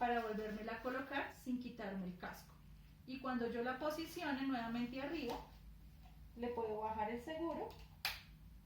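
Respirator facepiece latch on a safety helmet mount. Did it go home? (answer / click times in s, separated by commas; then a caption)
yes / 8.1 s. A respirator facepiece mounted on a safety helmet is swung back up into position and then lowered so its latch engages, while someone talks. A sharp snap at 8.1 s marks the latch locking onto the helmet mount, and the facepiece is secured.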